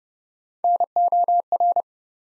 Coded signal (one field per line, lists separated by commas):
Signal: Morse code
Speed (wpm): 30 wpm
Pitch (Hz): 700 Hz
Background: none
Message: NOR